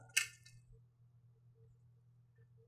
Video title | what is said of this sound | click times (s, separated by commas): Canon EOS M50 Mirrorless Camera Bundle Unboxing | okay so it's got the white line here that just lines up and then it clicks into place just like that | 0.2 s